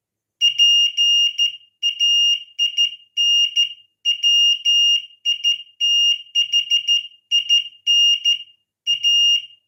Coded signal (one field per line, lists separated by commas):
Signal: Morse code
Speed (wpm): 14 wpm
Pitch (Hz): 2850 Hz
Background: none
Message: PAIN WITHIN A